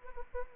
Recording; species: mosquito wingbeat signal from an infrared sensor; Anopheles arabiensis